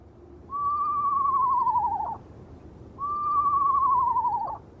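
Eastern screech owl call: a long whistle that drifts slightly downward and ends in a quick drop, given twice about two and a half seconds apart.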